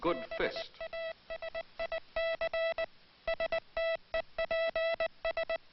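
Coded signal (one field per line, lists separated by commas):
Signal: Morse code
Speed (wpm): 19 wpm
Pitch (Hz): 660 Hz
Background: speech, music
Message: BASIC STEPS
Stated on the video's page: Morse code hand sending on a hand key; Army Signal Corps training film on rhythmic sending technique.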